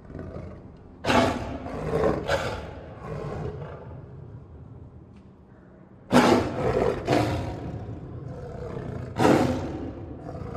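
Tiger roaring in harsh, breathy bursts, a couple close together, then a pause and several more, each blast fading into a rough rumble.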